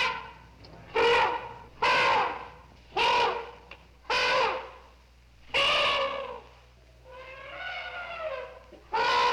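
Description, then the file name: Elephant trumpeting: harsh, brassy blasts repeated roughly once a second, one longer wavering call near the end, steady low hum beneath. "G 12-40-Elephants Trumpeting"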